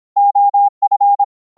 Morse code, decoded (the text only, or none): OF